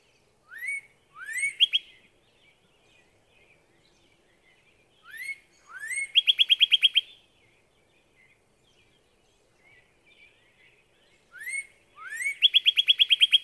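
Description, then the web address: Northern cardinal repeats its phrase three times: upslurred whistles, then a fast, even string of bright chip-like notes. "birdsongforthecurious songs Northern Cardinal"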